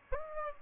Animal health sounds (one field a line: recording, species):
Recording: mosquito wingbeat signal from an infrared sensor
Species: Aedes aegypti